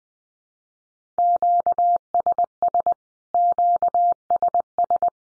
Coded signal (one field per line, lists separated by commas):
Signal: Morse code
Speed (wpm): 20 wpm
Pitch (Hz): 700 Hz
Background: none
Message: QSS QSS